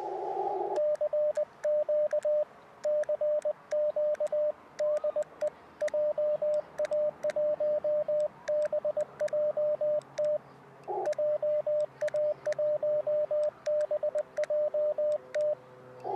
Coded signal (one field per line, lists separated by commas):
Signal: Morse code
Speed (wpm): 18 wpm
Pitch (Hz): 600 Hz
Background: radio noise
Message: CQ CQ DE JA1BJT JA1BJT